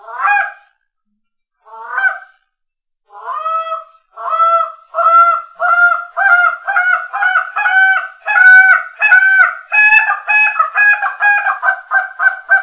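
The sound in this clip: Canada goose honks, starting with two spaced single calls, then speeding into a steady, quick run of nasal honks.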